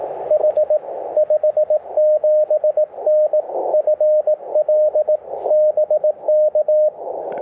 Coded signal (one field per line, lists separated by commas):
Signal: Morse code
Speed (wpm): 21 wpm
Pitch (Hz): 600 Hz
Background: radio noise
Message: H 57N FL BK